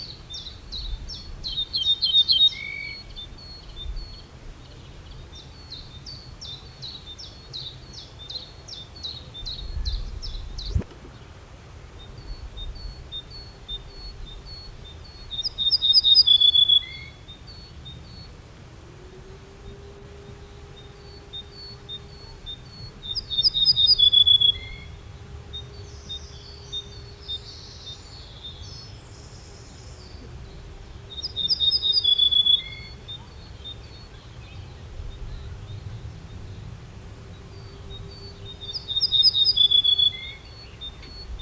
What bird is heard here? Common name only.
Ortolan Bunting